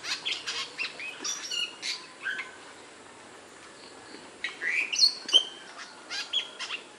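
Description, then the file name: Bali myna calls, a busy run of sharp chirps, squawks and short whistled notes, pausing briefly midway before a louder burst of calls. "jalak bali"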